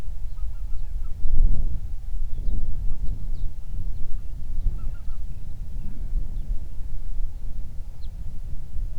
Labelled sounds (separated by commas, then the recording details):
bird
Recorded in the Prudhoe Bay oil fields, Alaska, on 31 July 2019 at 07:47
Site 24